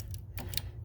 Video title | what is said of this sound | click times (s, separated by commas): Switch pod install GMC Sierra Rough Country MLC-6 | Plug comes up and is going to snap into place right there. | 0.6 s